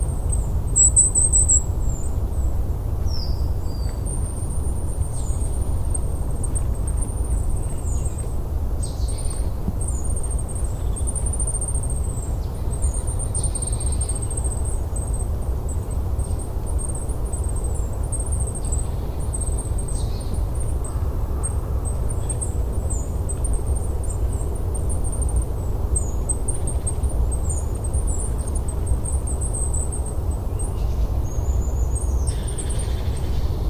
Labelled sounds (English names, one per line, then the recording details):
Goldcrest call
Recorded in the wild
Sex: group
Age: adult
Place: Goriner Forst, Barnim, Brandenburg, DE
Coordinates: 52.7019, 13.4931
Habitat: coniferous forest
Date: 2012-11-04 14:59
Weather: 10°C, cloudy, week winds
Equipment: Sound Devices 702, Sennheiser MKH 70, Rycote Windschutz
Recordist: Frommolt, Karl-Heinz